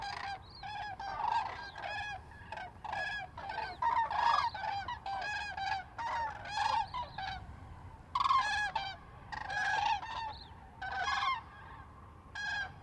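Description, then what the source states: Common cranes giving loud, trumpeting bugled calls in repeated bursts, several birds overlapping, with brief quieter gaps between the calls. Several common cranes in a close fly-by at Lac du Der, France, on 10 January 2021.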